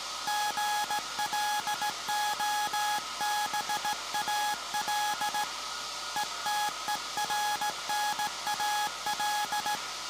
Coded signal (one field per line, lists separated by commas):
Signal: Morse code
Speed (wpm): 17 wpm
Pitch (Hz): 840 Hz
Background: none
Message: GLOBAL ETERNAL